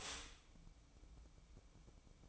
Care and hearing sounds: daily activity, microphone in the room; stop toaster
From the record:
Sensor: 1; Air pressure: 1007.2 hPa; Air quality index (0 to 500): 74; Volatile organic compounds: 1 ppm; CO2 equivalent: 658 ppm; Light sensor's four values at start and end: 7/17/7/7 and 7/17/7/7

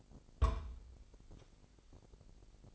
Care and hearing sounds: daily activity, microphone in the room; place on stove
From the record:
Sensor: 5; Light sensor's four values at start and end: 31/71/29/28 and 32/72/29/29

